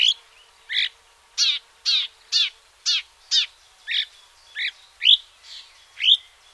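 Marsh warbler: songbird delivering a series of harsh, nasal notes, some rasping and some ending in a sharper high tone.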